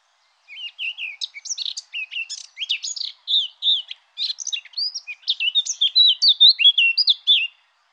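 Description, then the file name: Eurasian blackcap warbling steadily for seven seconds, a rapid stream of varied chirps and twisting notes, fairly high and lively, with no other sounds. "Fauvette-à-tête-noire"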